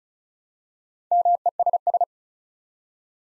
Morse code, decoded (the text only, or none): MESS